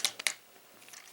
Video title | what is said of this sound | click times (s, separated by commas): Transformers Prime Beast Hunters Deluxe Prowl Review | just snap right in. | 0.3 s